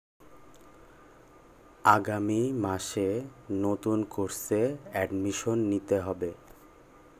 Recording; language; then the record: elicited speech; Bengali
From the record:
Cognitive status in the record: cognitively healthy